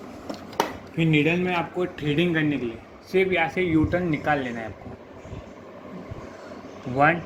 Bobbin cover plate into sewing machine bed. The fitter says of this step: फिर आपको इसको नॉर्मली ऐसा रख के पुश कर देना है, लॉक हो जाएगा।